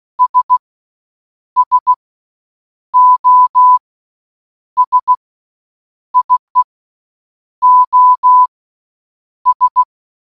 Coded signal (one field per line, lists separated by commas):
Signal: Morse code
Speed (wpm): 16 wpm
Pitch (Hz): 1000 Hz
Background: none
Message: S SOS IE OS